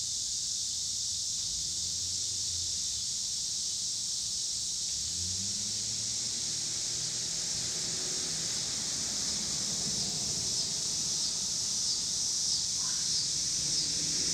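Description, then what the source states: Cicadas buzzing steadily and shrilly while low, sweeping rumbles of passing cars come and go. Cicadas with car noise in Pittsburgh, Pennsylvania, on 26 August 2023.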